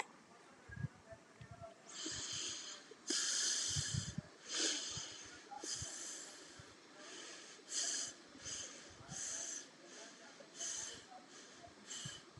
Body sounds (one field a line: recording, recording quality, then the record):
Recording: shallow breathing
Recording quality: excellent, no background noise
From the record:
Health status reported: healthy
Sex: female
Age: 40 years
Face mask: not worn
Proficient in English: yes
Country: India